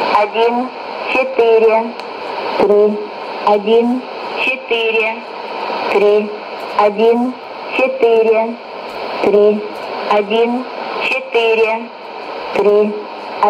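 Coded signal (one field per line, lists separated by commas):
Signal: numbers station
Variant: S06s Russian Lady, Russian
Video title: 11 01 2018 Numbers station S06s Russian Lady in Russian to Eu 0940 on 9540 unknown tx site in CUSB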